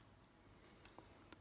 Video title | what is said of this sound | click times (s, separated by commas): Crystal EVO Multimedia Knob installation for BMW, Part 4 | so now it's locked | 1.3 s